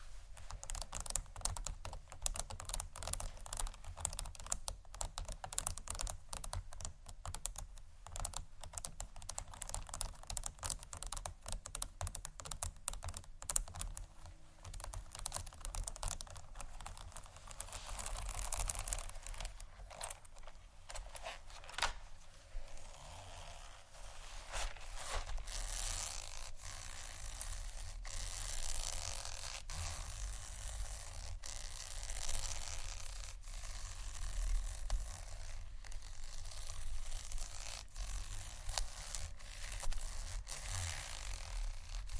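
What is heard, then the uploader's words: Textured bags crinkle and rustle continuously, with dense, fast clicking and crackling throughout, bright hissy scrapes, and a steady low rumble underneath. ASMR 4 Textured Bags 1 Hour（No Talking）.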